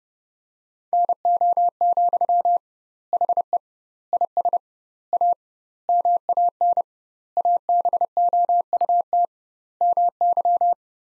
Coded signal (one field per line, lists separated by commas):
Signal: Morse code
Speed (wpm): 30 wpm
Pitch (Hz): 700 Hz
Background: none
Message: NO, HE IS A MAN ABOUT MY